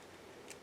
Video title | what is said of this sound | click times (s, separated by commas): Bandai Tamashii Nations SH Figuarts Dragon Ball Super JIREN THE GREY Action Figure Review | off the front of his hair there and this one just pops right in | 0.5 s